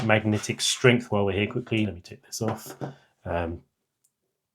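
Someone talks while handling an iPhone 17 Pro Max in a vegan leather Peak Design Everyday Loop Case, taking it off a MagSafe magnetic mount before putting it back on to test magnetic strength. Only a faint, brief tick is heard at about 4.1 s after the talking stops. Nothing has seated or snapped onto the mount yet.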